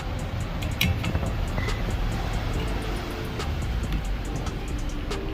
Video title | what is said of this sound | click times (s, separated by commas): Aero Wipers Installation sa Hyundai Accent CRDI Hatchback [DIY] | to insert the tab into this wiper's hook when you hear a click, then you are good | 0.8 s